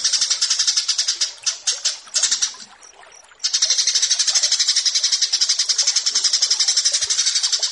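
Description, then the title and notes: Horsfield's bush lark giving a rapid pulsed stream that breaks into jerky high bursts, a quiet gap around three seconds, then a long even stream of fast, rasping pulses. Bird-keeping song tutoring recording (masteran) of branjangan. "Branjangan VS BURGER Masteran. burung BRANJANGAN"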